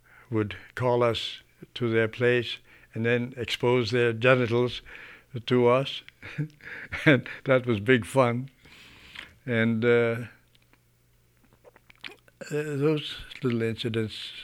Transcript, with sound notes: would call us to their place and then expose their genitals to us. (he laughs) That was big fun. And, those little incidents,